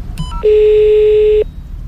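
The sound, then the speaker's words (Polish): A post office building's intercom ringing: a couple of quick electronic beeps, then a single loud, steady buzzing tone held for about a second before cutting off, with no voices. “Ku mojemu zdziwieniu, zamiast Świętego Mikołaja, domofon odebrał”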